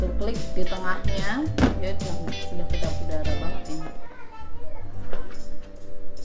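A clip-style plastic lid is being handled on a large Tupperware Mother Canister plastic food storage canister, with music playing and someone talking over it. Nothing has seated or clicked yet by the end of the clip.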